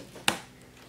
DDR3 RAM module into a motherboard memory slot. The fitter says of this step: you know who cares i'll just still do the video press down until you hear the click